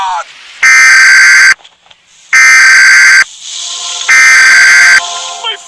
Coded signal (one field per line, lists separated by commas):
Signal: Emergency Alert System (SAME) tones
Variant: header bursts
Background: speech